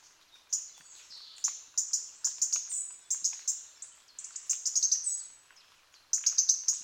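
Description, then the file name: European robin: high, thin, sharp notes in quick irregular runs, several brisk bursts with short pauses between them. "Erithacus rubecula"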